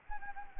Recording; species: mosquito wingbeat signal from an infrared sensor; Anopheles gambiae